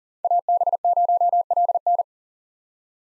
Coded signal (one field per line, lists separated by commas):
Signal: Morse code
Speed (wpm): 40 wpm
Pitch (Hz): 700 Hz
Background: none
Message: AB0LN